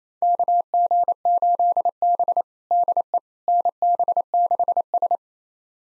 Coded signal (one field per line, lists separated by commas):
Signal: Morse code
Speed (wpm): 28 wpm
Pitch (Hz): 700 Hz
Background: none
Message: KG8B DE NB6S